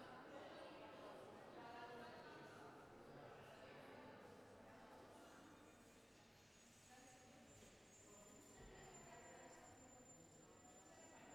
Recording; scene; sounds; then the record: everyday scene through a hearing-aid microphone; reverberant space; background noise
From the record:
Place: railway station hall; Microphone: behind the ear, left, rear